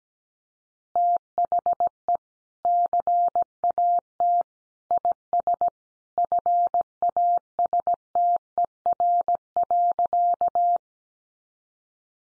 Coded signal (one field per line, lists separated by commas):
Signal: Morse code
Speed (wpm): 17 wpm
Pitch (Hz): 700 Hz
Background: none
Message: THE CAT IS FASTER.